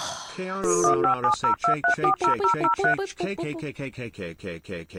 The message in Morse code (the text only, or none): none